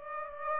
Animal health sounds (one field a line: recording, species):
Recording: mosquito wingbeat signal from an infrared sensor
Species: Aedes aegypti